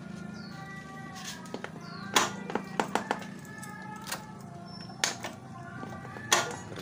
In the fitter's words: ya teman-teman, ini udah terkunci joknya. Oke.